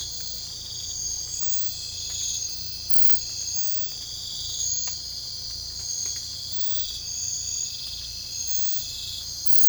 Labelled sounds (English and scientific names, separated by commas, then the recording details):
none
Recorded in secondary vegetation near Puerto Asís, Putumayo, Colombia, on 18 December 2024 at 04:00
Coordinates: 0.499, -76.323
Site G010